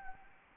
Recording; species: mosquito wingbeat signal from an infrared sensor; Anopheles gambiae